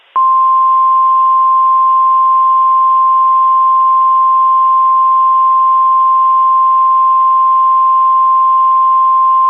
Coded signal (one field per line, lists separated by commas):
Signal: Emergency Alert System (SAME) tones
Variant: 1050 Hz attention tone